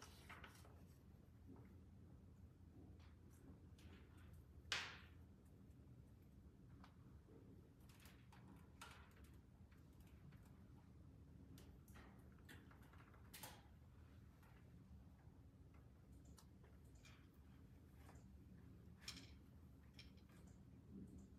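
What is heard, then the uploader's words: Ambience in a Glasgow library: a steady low hum runs throughout, with scattered soft taps and clicks. A sharp, bright swish or snap stands out just before five seconds, and smaller clacks come around thirteen and nineteen seconds. Glasgow library. (university of glasgow).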